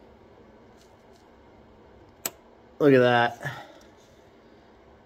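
A plastic wiring harness connector for the transfer case wires on a first-generation 1988 Toyota 4Runner with a 3.4 swap and ORS harness is pushed one-handed into its mating harness plug. It seats with a single sharp, loud click at 2.3 s over a quiet background. Someone then talks briefly.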